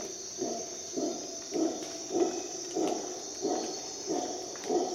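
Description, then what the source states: Howler monkey with a series of throaty pulsed grunts repeated roughly every two-thirds of a second, backed by a continuous high-pitched insect buzz. Howler monkeys calling at dawn in jungle in Costa Rica.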